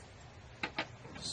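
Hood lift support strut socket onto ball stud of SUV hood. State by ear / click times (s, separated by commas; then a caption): seated / 0.6 s. The socket end of a gas-charged hood lift support strut is pushed onto its ball stud on the hood of a 2003–2005 Toyota 4Runner / Lexus GX470 SUV. Over a low steady background, a sharp snap at 0.6 s is followed by a second short knock near 0.8 s. The strut end is seated on the stud.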